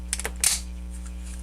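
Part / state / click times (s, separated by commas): plastic toy section into the toy's body / seated / 0.1 s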